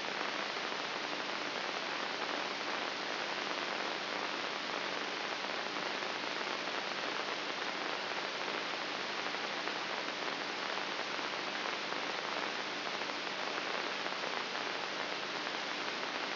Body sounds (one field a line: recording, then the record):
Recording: brain microelectrode recording played as sound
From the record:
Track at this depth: inside the subthalamic nucleus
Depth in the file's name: 5.44 mm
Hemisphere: right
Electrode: 3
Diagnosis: Parkinson's disease